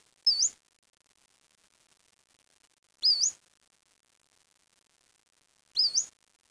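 Bird calling with thin, very high wavering whistles, each a brief note rising overall, given three times a little under every three seconds against quiet hiss.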